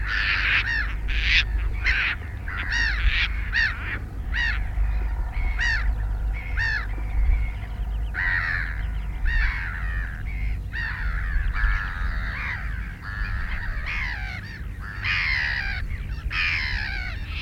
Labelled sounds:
Caspian Tern call
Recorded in the wild
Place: Landow, Insel Rügen, Mecklenburg-Vorpommern, DE
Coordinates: 54.408, 13.265
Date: 1970-05-03
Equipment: Nagra III BH, Sennheiser MD 21, parabola
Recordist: Schubert, Michael

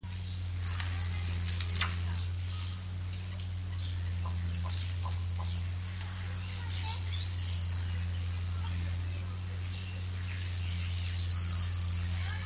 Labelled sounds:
Goeldi's Marmoset call
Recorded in captivity
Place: Zoo Münster, Nordrhein-Westfalen, DE
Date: 1988-10-04 12:53
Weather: bedeckt, 14°C
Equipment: Sony WM-D6C, Kopie Uher
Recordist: Tembrock, Günter

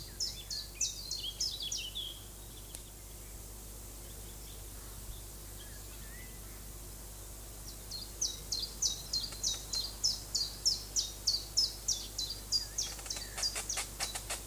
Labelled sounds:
Common Chiffchaff song
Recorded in the wild
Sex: male
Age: adult
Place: Lübars, Berlin, DE
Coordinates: 52.6175, 13.3625
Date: 2004-05-02 12:42
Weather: overcast, 16°C
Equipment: Fair Mate ST-1328 (Asahi Electronics, Japan), Sennheiser ME 80, Kopie Uher 4000 Report Monitor
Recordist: Tembrock, Günter

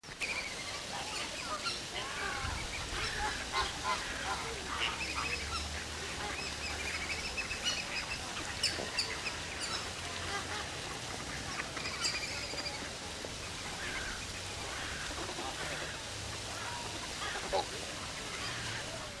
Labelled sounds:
West Indian Whistling Duck call
Chiloe Wigeon
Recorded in captivity
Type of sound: call
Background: Anas sibilatrix
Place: Zoo Berlin, Berlin, DE
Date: 1997-10-18 14:23
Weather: sunny, 12-15°C
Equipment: Nagra SN, Kopie Uher 4000 Report Monitor
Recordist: Tembrock, Günter
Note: Laute in der Gruppe. 14:13 - 16:55 min)

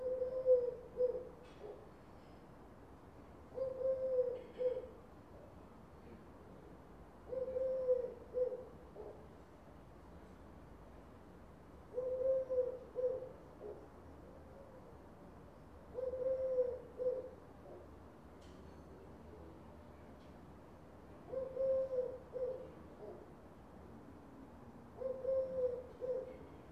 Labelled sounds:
Eurasian Collared Dove
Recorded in the wild
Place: La Rochelle, FR
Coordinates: 46.1622, 1.15111
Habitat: city
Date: 2011-09-15
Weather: 15°C, sunny
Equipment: Zoom H2
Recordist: Frommolt, Karl-Heinz

